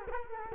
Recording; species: mosquito wingbeat signal from an infrared sensor; Culex quinquefasciatus